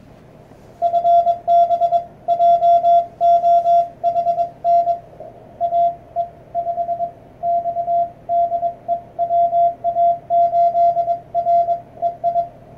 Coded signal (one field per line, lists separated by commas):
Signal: Morse code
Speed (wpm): 22 wpm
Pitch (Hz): 690 Hz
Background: none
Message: FB JOHN AE5X DE WA8REI